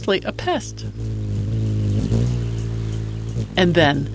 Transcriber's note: more wing-hum